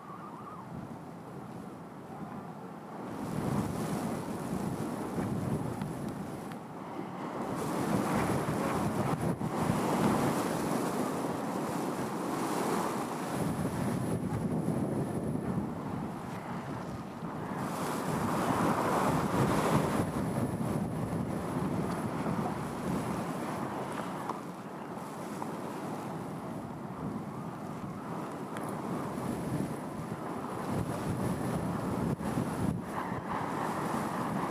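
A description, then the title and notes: Wind blows across open dunes in a steady, dense rush, rising into stronger gusts around five, ten, and eighteen to twenty seconds before easing again. The sound is full and rumbling low down, with some buffeting against the microphone and a faint high whistle above. Dune Wind. Recorded July 2022.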